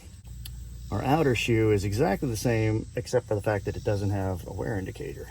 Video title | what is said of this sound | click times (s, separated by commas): Honda Element, Replacing rear rotors and pads. | see, that just snaps right in. | 0.5 s